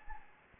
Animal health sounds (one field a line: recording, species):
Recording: mosquito wingbeat signal from an infrared sensor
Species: Anopheles gambiae